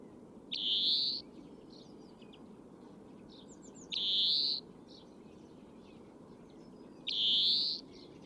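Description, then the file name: European greenfinch wheezing three times, each a drawn-out nasal buzz rising slightly, about every three seconds, with faint twitters between and a low constant hum. "Chloris chloris"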